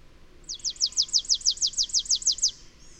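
Bird song: a quick trill of about a dozen high notes, each sliding downward, followed by a faint short note after it ends.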